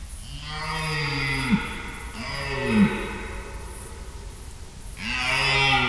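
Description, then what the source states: Red deer stag roars, three drawn-out groaning bellows with gaps of up to about two seconds between them, the first two sliding down at the end and the last cut off. Stags calling during the rut; extract from an overnight recording in Schönbuch near Tübingen, Germany, September 2023.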